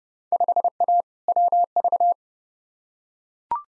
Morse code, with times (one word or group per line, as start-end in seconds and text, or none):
0.3-1.0 5A
1.3-2.1 WV